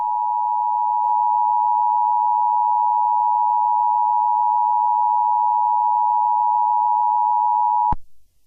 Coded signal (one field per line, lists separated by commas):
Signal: Emergency Alert System (SAME) tones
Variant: 853 and 960 Hz attention tone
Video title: Fake EAS Scenario - The Big Crumble